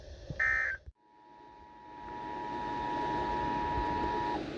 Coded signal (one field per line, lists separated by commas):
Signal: Emergency Alert System (SAME) tones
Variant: 853 and 960 Hz attention tone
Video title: Chaotic Hellstorm III Slight Risk Madness| EAS Alerts From 3/27/2021 (EAS #339-375)